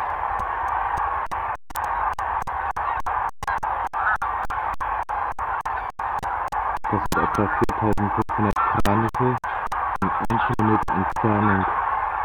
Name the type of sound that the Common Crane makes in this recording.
call